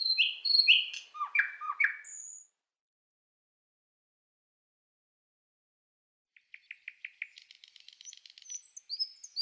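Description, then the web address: Thrush nightingale song: a cluster of varied notes, a long pause, then a quieter series of clicks leading into high whistles. "Schulze Peter Thrush Nightingale song"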